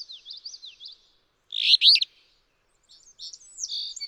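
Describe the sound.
Alder flycatcher song: one loud, buzzy two-part burst, rough then rising, between thinner twittering phrases from another bird.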